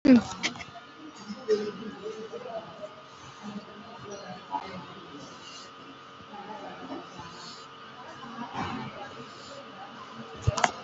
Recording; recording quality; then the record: deep breathing; moderate, slight background noise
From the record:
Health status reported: respiratory illness, not identified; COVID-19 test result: negative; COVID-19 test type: RT-PCR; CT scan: taken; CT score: 0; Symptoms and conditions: breathing difficulty, asthma, another condition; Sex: female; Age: 41 years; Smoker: no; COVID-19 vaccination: none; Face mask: worn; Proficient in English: no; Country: India